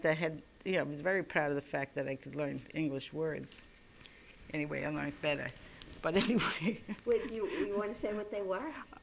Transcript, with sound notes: I had, you know, I was very proud of the fact that I could learn English words. Anyway, I learned better. [She laughs] But anyway...
Well, do you want to say what they were?